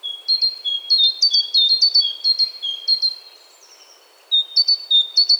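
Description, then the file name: Great tit song of sharp, repeated two-note whistles alternating high and low, a run of phrases, then a pause, then the phrases resume. "Parus major"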